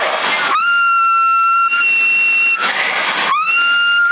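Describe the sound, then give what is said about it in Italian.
Two long, steady, slightly rising whistles through a CB radio microphone, thin and band-limited, each about two seconds, broken up by bursts of harsh radio static. Recorded on CB radio in Sassari, February 2022. “allora io sono agganciato, se vado a fischiare...”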